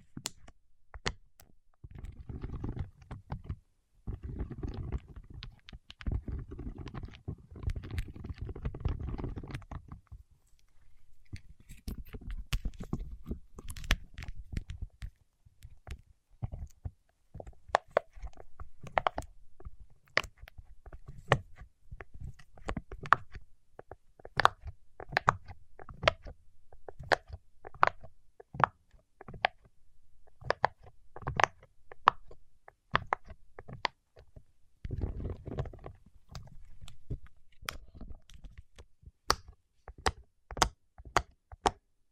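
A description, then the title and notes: Waxy fingertips make sticky, sharp clicks and taps throughout, with squishy low rubbing bursts early on, around thirteen seconds and near thirty-five. ASMR with Wax Fingertips for Sleep (No Talking).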